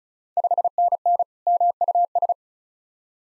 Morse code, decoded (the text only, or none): 5NN MUS